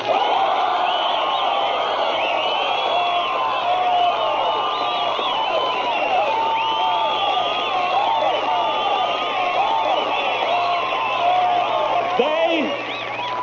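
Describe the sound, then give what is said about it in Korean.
A large Ku Klux Klan rally crowd in Mississippi cheers and yells nonstop, a dense wall of overlapping whoops and shouts that stays loud and steady for about twelve seconds before dropping off at the end. “재판 사건으로 FBI를 궁지해몬 쿠클럭스 클란 회원들은 집회를 엽니다. 자신의 …는 청중을 향해 외치지요.”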